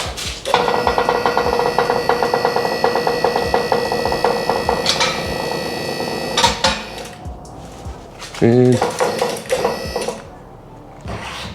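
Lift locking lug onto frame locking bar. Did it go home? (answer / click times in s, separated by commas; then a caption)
no / none. A QuickJack 7000TLX lift under a ZL1 is lowered so the frame's locking lug moves toward its locking bar. A steady tonal drone with rhythmic ticking runs through the first half, with sharp knocks at 0.5, 0.9, 1.1, 1.8, 2.1 and 4.3 s and a louder burst around 8.5–9.0 s, while someone talks. Nothing has seated or clicked into the lock yet.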